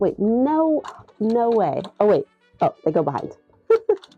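Someone talks while handling the folding hanger part of a True and Tidy standing garment steamer, working it toward the top of the steamer's telescopic pole after realising the parts go behind. Only speech and a few brief handling sounds are heard. Nothing has seated or clicked into place yet.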